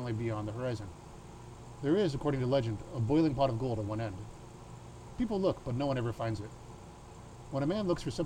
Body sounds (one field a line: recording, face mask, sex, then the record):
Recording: reading aloud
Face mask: surgical mask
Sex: male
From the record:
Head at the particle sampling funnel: tilted up or above it, chin in front of it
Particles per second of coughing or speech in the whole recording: 0.48